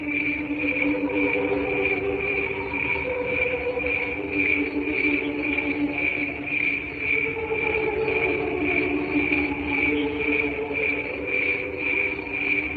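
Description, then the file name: Insistent cricket song, bright high chirps repeating nearly twice a second without pause, accompanied by faint low wavering tones. "canto grilli"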